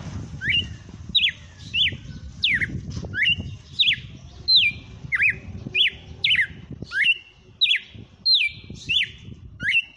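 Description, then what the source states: Red-cowled cardinal song: a long steady run of bright, downward-slurred whistled notes, with low rumbling noise underneath. Red-cowled cardinal (galo-de-campina) song, labelled female song (fêmea 07); the bird is named Fenrir.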